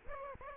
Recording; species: mosquito wingbeat signal from an infrared sensor; Aedes aegypti